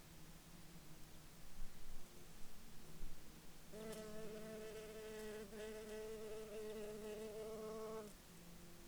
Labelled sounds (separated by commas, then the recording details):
insects
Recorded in Ivvavik National Park, Yukon, on 29 June 2019 at 13:20
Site SINP09